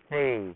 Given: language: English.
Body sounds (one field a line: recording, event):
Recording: throat vibration sensor signal played as sound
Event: speech